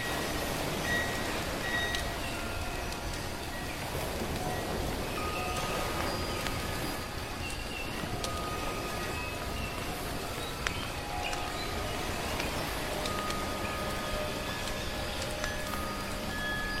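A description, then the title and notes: A steady, dense rush of soft waves runs through the whole clip with no real swells or pauses. Short bird chirps and whistles appear scattered throughout, along with small crackling ticks like burning firewood, and one sharper snap near the eleventh second. Come to the quiet and leisurely beautiful island to feel the embrace of nature, the singing of birds, soft waves and firewood.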